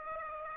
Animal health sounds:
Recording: mosquito wingbeat signal from an infrared sensor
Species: Aedes aegypti

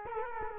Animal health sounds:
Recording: mosquito wingbeat signal from an infrared sensor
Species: Culex quinquefasciatus

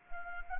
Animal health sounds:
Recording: mosquito wingbeat signal from an infrared sensor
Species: Anopheles arabiensis

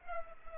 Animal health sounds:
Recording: mosquito wingbeat signal from an infrared sensor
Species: Culex pipiens

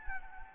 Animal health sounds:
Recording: mosquito wingbeat signal from an infrared sensor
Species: Anopheles gambiae

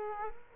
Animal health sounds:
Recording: mosquito wingbeat signal from an infrared sensor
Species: Culex quinquefasciatus

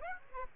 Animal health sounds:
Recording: mosquito wingbeat signal from an infrared sensor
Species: Aedes aegypti

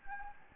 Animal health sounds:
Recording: mosquito wingbeat signal from an infrared sensor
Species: Anopheles gambiae

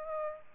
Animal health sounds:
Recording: mosquito wingbeat signal from an infrared sensor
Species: Aedes aegypti

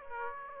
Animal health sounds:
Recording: mosquito wingbeat signal from an infrared sensor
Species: Aedes aegypti

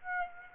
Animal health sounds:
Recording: mosquito wingbeat signal from an infrared sensor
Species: Aedes aegypti

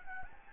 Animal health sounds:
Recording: mosquito wingbeat signal from an infrared sensor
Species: Anopheles gambiae

